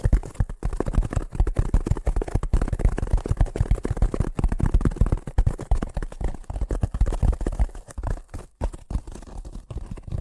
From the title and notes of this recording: ASMR Braingasm Inducing Fast Tapping (No Talking).